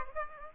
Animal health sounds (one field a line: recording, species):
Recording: mosquito wingbeat signal from an infrared sensor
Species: Aedes aegypti